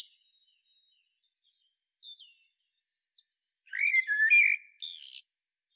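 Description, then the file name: Common blackbird song: a few faint scattered notes, then a loud low fluted warble that ends in a squeaky high twitter. "Turdus merula"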